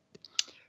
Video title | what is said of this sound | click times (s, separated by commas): The Giz Wiz #1865: The BEST Gadgets of 2021 | So this little guy, first of all, it's magnetic, okay? You can hear it click. | 0.4 s